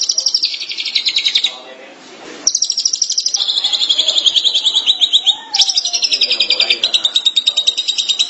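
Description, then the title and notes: Long-tailed Shrike song: bursts of rapid, scratchy high notes, one brief gap of soft rustling, then the chattering resumes. Recorded March 2017. "Pentet 201703. Suara burung pentet"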